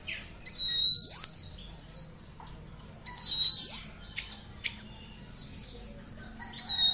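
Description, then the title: Oriental magpie-robin giving a few clear rising whistles with short sharp notes between, over repeated high scratchy phrases. "Kacer"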